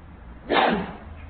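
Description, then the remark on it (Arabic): A single sharp sneeze bursts out abruptly during an Arabic grammar lesson, loud and breathy with a hissy rush of noise that fades over a fraction of a second, with no talking around it. “رحمك الله.”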